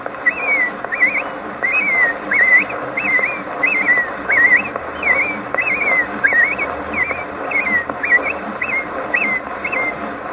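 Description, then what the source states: American robin song, a steady run of short whistled caroling phrases rising and falling, with brief gaps between them. Male's evening song, sung from the top of a tall tree.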